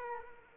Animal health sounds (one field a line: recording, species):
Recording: mosquito wingbeat signal from an infrared sensor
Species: Culex quinquefasciatus